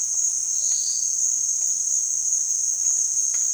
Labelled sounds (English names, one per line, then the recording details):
none
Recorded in dense forest near Puerto Asís, Putumayo, Colombia, on 25 June 2025 at 16:30
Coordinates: 0.466, -76.327
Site GP04